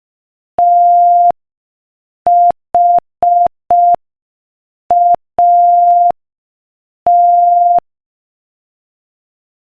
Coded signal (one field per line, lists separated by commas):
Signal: Morse code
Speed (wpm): 5 wpm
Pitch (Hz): 700 Hz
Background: none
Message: THAT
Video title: Morse Code Practice: 5 wpm Inspirational Quote 15